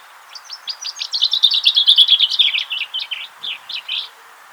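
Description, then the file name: Common chaffinch giving one song: a fast series of high notes that grows louder in the middle, then slows into spaced notes at the end. "Fringilla coelebs"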